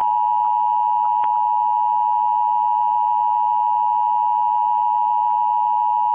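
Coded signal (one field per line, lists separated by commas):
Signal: Emergency Alert System (SAME) tones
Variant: 853 and 960 Hz attention tone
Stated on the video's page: Fictional hurricane scenario containing valid alert tones.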